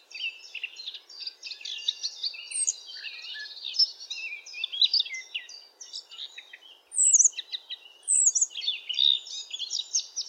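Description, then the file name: Eurasian blackcap song, a busy jumble of scratchy, chattering notes and sharp high whistles, with faint background noise throughout. "zwartkop zang"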